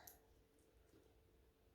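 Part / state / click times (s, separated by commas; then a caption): rivet cap onto rivet post on bag handle / seated / 0.1 s. A rivet cap is pushed onto a rivet post on a bag handle, one of two caps to be fitted, and it clicks into place with a short, sharp snap at 0.1 s. Only a low, steady background hum follows. The cap is seated on the post.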